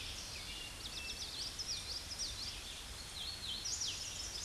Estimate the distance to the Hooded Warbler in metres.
about 50 m